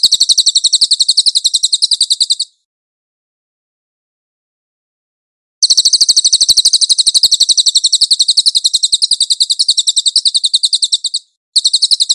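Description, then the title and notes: Cililin song: rapid high chattering trills in long bursts, broken by a silent pause of about three seconds and a brief gap near the end. Cililin song for cage-bird training. "SUARA BURUNG CILILIN. CICILIN"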